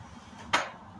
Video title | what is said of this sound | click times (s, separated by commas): Skywatcher Heritage 130P Unbox and Setup - Perfect beginner Telescope | and extend until you hear the click tighten | 0.5 s